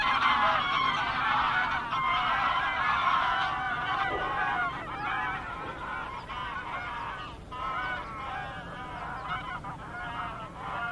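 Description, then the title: Goose flock honking continuously, a steady wall of many overlapping nasal calls that eases slightly midway and carries on throughout. Gaggles of geese in fields by the River Thame, England, UK, morning of 23 September 2023, excited by the amount of water across the flooded meadows. "Gaggles of geese, River Thame, England, UK on 23rd September 2023 – by Paul Ridout"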